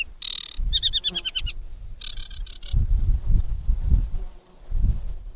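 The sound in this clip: Bird calling with a buzzy harsh burst, a rapid string of short chirps, a second buzzy burst, then only low rumbling noise.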